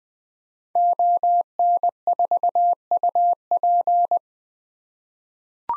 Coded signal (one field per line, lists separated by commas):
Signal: Morse code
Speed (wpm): 20 wpm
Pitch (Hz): 700 Hz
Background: none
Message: ON4UP